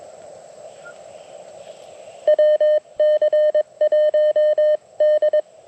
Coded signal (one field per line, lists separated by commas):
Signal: Morse code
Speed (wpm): 21 wpm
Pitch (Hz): 610 Hz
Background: none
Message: WC1D